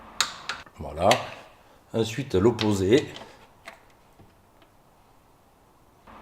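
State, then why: Torque reached. A torque wrench set to 20 Nm tightens a transmission sump pan bolt on the opposite side in a cross pattern on a 6HP26 transmission of a Range Rover Sport during a filter job. The wrench gives a sharp click at 0.2 s, confirming torque is reached. Someone talks, and there are a few softer ticks before a quiet tail.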